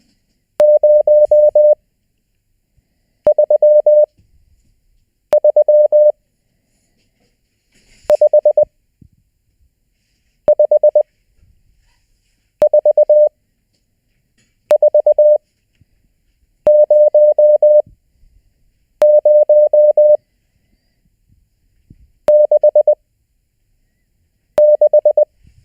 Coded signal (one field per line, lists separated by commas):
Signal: Morse code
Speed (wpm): 20 wpm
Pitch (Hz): 600 Hz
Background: none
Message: 0 3 3 5 5 4 4 0 0 6 6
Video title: Learn Morse: Homework 4